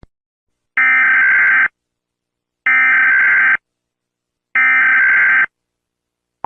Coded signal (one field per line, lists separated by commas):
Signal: Emergency Alert System (SAME) tones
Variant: header bursts